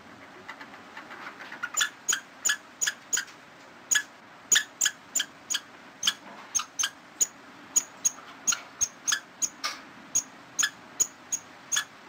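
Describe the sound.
Squirrel giving a rapid series of sharp high chirps, about two per second, over faint steady background noise.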